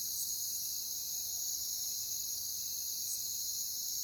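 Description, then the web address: Cricket chorus, a bright continuous high trill with two brief sharper clicks standing out. "Natures Songs Sleep Sounds of Nature CRICKETS Crickets"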